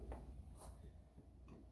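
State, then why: Torque reached. A torque wrench set to 52 lb-ft tightens the bolt at the end of a motorcycle front fork damper rod. A single sharp click sounds at 0.1 s, followed by faint low handling noise with no talk. The wrench clicks at its setting, so the bolt is torqued.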